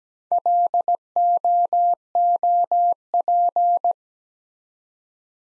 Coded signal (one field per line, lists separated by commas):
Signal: Morse code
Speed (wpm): 17 wpm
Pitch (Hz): 700 Hz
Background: none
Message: LOOP